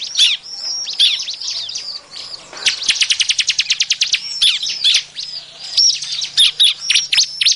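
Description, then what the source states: Bar-winged prinia calls: high, busy chirps and down-swept notes, then a fast even burst of sharp ticks around the middle, followed by more chirping and short whistles. Noisy calls, used as a lure.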